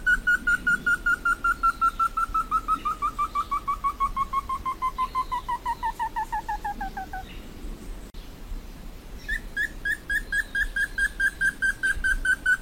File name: Canto do entufado